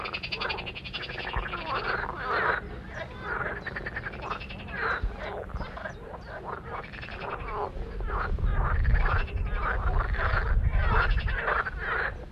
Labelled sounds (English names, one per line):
Marsh Frog call